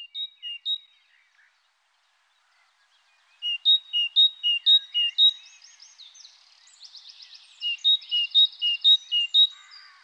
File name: Mésange-charbonnière